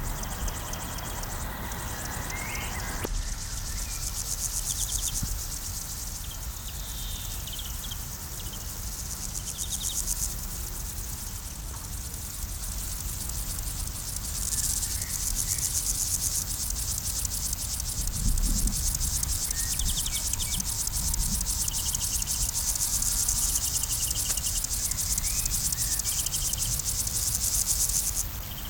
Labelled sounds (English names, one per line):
Meadow Grasshopper stridulation